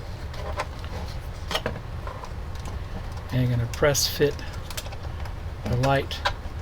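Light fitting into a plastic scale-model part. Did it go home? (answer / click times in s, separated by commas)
no / none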